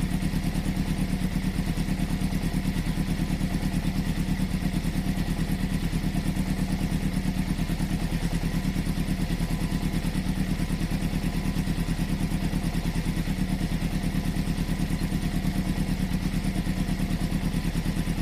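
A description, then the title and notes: A motorcycle engine idles steadily, its low, rapid pulsing beat holding the same pace for the whole stretch. A faint mechanical clatter rides over the deep throb, with no revving or change in speed. This episode of the White Noise Podcast is A MOTORCYCLE.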